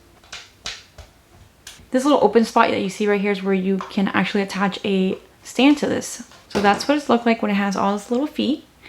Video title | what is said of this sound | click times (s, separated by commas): HG 1/144 RX-178 Gundam Mk-II & Do-Dai Kai Review! (21st Century Real Type Ver.) | so they're going to go popped into place | 0.7 s, 1.7 s